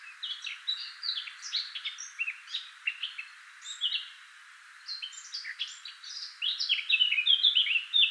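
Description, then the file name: Eurasian blackcap song: rapid varied warbling phrases with a short pause, then a second chattering run closing in loud fluted whistles. "Sylvia atricapilla"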